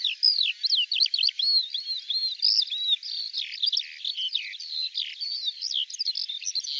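Bird song, a rapid unbroken sequence of high looping whistles and clipped chirps.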